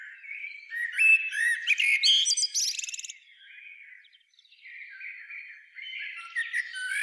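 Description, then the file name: Common blackbird song: a rich fluting phrase breaking into high squeaky chatter, a pause, then quieter warbling that rises again at the end. "Turdus merula"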